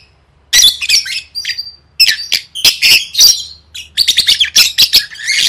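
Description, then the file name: Lovebird calls: shrill, harsh chirps and squeaky bursts in quick irregular clusters, with a short gap near the start and a dense run toward the end. "tieng vet mau don"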